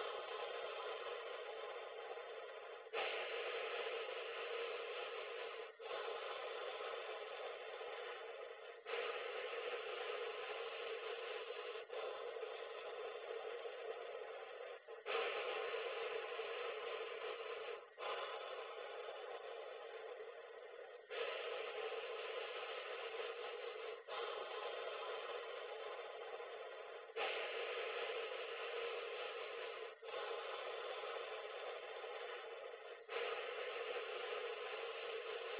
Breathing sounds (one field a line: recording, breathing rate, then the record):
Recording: paced breathing near a phone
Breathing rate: 10 breaths a minute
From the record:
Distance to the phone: 20 cm